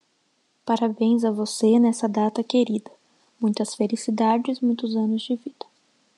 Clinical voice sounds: short text; Brazilian Portuguese; female; 20 to 29 years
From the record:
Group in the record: control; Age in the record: 23 years

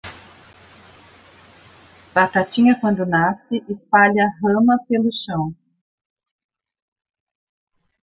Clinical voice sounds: short text; Brazilian Portuguese; female; 50 to 59 years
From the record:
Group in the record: control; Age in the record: 52 years

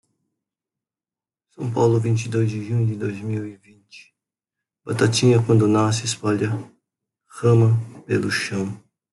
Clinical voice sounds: short text; Brazilian Portuguese; male; 60 to 69 years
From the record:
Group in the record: control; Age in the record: 61 years

